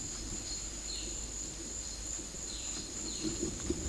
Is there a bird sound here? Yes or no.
yes